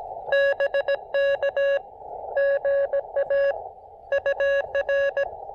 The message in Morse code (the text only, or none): BK GA UR